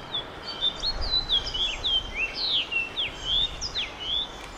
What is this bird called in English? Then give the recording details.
House Finch. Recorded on Long Island, New York, on 21 June 2011. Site IT. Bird A